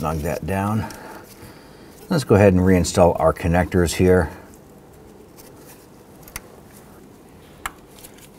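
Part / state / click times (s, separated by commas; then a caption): wiring harness connectors onto idle air control valve / seated / 6.4 s, 7.7 s. Someone talks, then the two wiring harness connectors, with plastic housings, are pushed back onto the new idle air control valve of a 1997–2006 Jeep Wrangler. Two sharp snaps are heard at 6.4 s and 7.7 s as both connectors click into place and are seated.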